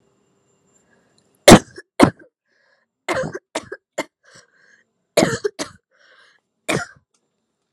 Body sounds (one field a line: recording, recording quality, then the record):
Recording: heavy voluntary cough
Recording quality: excellent, no background noise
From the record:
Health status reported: COVID-19 positive, mild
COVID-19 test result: positive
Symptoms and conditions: cough, cold, sore throat, fever, loss of smell and taste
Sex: female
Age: 20 years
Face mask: not worn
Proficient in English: yes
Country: India